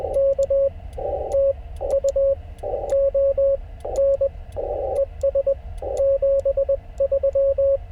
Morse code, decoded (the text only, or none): K TU ON ES 73